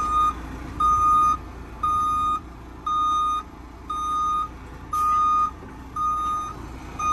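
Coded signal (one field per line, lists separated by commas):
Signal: none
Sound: truck reversing beeps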